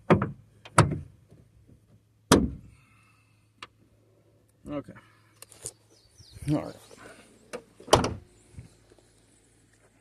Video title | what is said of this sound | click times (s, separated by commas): Mk3 trunk lid lock and cylinder fix! Finally, some car stuff! | Okay. So, it didn't snap. And that's fine | none